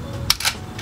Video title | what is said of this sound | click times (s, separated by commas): Classic Army Nemesis ME-10 Airsoft Gun Review - QSAirsoft | the bolt does lock back setting it Forward makes a very nice clicking sound the charging handle is also ambidextrous | 0.3 s